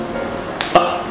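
The plastic cap of a Revolution spot-on flea treatment pipette is pressed down so it pierces the seal, giving two sharp plastic clicks at 0.6 s and 0.8 s over a low steady background hum. The cap clicks down and seats, ready for the drops to be applied.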